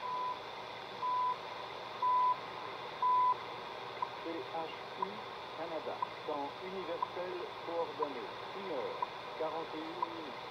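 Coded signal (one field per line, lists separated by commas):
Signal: radio time signal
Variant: CHU Canada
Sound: four short 1 kHz beeps one second apart, then a spoken voice announcement over static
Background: radio static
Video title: CHU Canada 3330 MHz on Sony TR-1300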